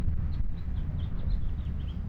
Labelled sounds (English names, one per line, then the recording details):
House Finch song
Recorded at Lynbrook on Long Island, New York, on 17 June 1975
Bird B